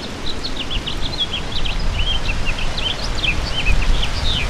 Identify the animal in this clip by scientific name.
Haemorhous mexicanus